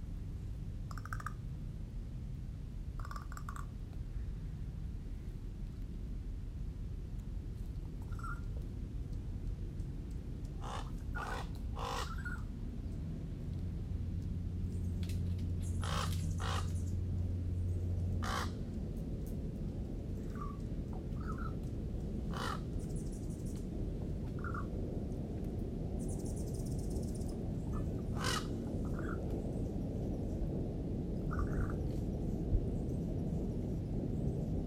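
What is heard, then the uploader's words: Crows caw back and forth over a steady low rumble, their short harsh calls arriving every few seconds. A cluster of quick caws comes around the eleven to sixteen second mark, with more scattered calls through the rest, including a sharp one near twenty-eight seconds. Crows (Ravens) Communicating.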